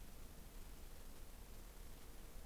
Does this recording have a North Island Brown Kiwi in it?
no